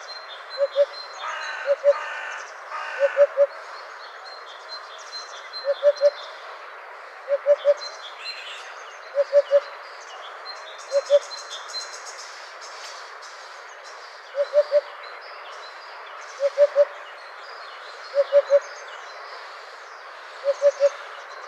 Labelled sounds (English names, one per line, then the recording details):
Eurasian Hoopoe song
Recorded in the wild
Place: Kalmückensteppe bei Senseli, RU
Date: 2006-05-21
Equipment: MiniDisc Sharp MT 20 H
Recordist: Schwarz, Dieter
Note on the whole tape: Song